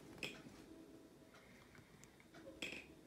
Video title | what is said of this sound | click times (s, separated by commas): TIRS AMORCES AVEC COLT 1851 SHERIFF ACIER LE POUDREUX | Voilà, vous avez entendu le clic, ça c'est super important. | 2.6 s